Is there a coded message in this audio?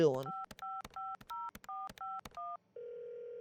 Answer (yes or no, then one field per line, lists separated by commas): yes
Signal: DTMF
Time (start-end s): 0.3-2.6 s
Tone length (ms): 210 ms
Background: speech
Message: 5550451